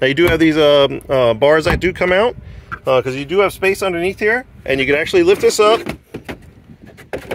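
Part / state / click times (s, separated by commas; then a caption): cargo floor board onto trunk support bars / seated / 7.1 s. In the rear cargo area of a 2010 Mazda Verisa, someone talks while the support bars are pulled out and the cargo floor board is lifted. The board is then set down onto the bars to form a shelf, and it snaps into place with a sharp click at 7.1 s, followed by a few lighter knocks.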